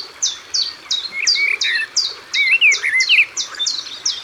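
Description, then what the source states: Common chiffchaff singing steady, dropping notes in a quick series. Another bird's warbling phrases mix in. Recorded by the water.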